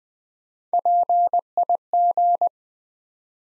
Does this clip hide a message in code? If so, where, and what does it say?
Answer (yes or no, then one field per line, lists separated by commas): yes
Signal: Morse code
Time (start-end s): 0.7-2.5 s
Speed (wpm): 20 wpm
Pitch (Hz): 700 Hz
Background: none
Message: PIG